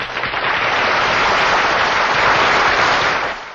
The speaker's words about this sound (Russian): Но его слова заглушили бурные и продолжительные аплодисменты.